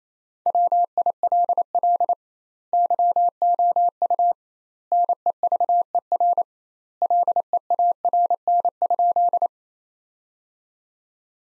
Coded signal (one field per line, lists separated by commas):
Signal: Morse code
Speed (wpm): 28 wpm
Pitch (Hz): 700 Hz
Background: none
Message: WILL YOU NEVER LEARN?